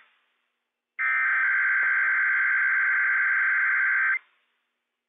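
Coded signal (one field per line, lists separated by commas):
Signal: Emergency Alert System (SAME) tones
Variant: header bursts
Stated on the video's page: Required Weekly Test issued by civil authorities for the Inland Northwest, weather radio station WWF56.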